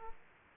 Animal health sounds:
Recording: mosquito wingbeat signal from an infrared sensor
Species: Aedes aegypti

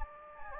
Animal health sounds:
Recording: mosquito wingbeat signal from an infrared sensor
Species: Anopheles gambiae

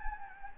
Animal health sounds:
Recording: mosquito wingbeat signal from an infrared sensor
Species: Anopheles gambiae

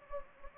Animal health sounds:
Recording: mosquito wingbeat signal from an infrared sensor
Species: Anopheles gambiae

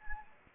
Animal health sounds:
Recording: mosquito wingbeat signal from an infrared sensor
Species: Anopheles gambiae

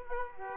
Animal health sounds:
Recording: mosquito wingbeat signal from an infrared sensor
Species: Aedes aegypti

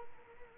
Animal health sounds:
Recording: mosquito wingbeat signal from an infrared sensor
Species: Culex quinquefasciatus

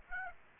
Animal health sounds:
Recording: mosquito wingbeat signal from an infrared sensor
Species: Aedes aegypti

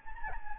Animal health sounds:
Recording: mosquito wingbeat signal from an infrared sensor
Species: Anopheles gambiae

